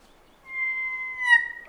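Kōkako giving one long, even, flute-like whistle that swells louder toward its close.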